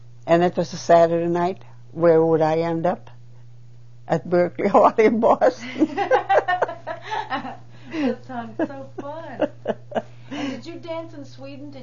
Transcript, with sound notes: and it was a Saturday night where would I end up? At Berkley Hall in Boston. (She laughs.)
That sounds so fun. And did you dance in Sweden?